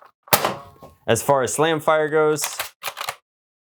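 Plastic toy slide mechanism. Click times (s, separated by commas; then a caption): 0.3 s. The plastic priming slide of a NERF Rival CurveShot SideSwipe foam-ball toy blaster, which does not auto-retract, is pushed forward by hand until it locks home in the forward position with a loud click-thunk at 0.3 s. Someone then talks.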